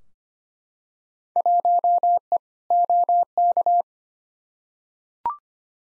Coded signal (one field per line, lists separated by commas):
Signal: Morse code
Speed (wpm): 25 wpm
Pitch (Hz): 700 Hz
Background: none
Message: 1E OK